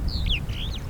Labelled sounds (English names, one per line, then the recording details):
Superb Starling flight call
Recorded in Kenya